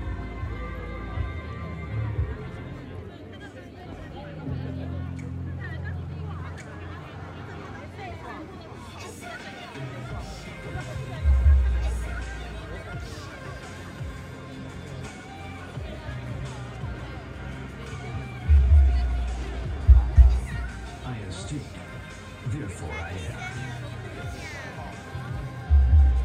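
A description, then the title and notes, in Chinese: Live sound at a music festival: a dense, steady murmur of crowd voices over a heavy low rumble. Deep thumps punch through around 11 seconds, again near 19 and 20 seconds, and at the very end, while the chatter carries on throughout. 錄音來自2020年漂遊者音樂祭現場收音，是真的噪音，但能讓你真實感受音樂祭的躁動與歡樂。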